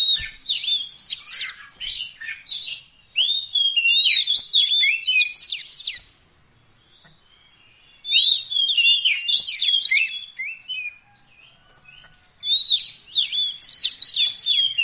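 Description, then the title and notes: Oriental magpie-robin song: bursts of varied loud whistles and sweeping notes, several seconds long, separated by short silent pauses. Isian fill-in song, used so kacer birds become gacor, singing day and night. "Kacer Jadi Gacor Siang Malam. Isian Kacer Durasi Panjang"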